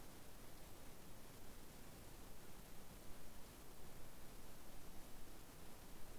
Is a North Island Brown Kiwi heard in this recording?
no